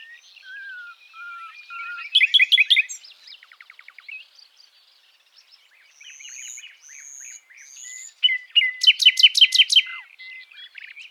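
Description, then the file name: Common nightingale song: low fluted whistles, a loud harsh burst, soft quiet notes, high pure whistles, then a loud rapid pulsed rattle. "Luscinia megarhynchos"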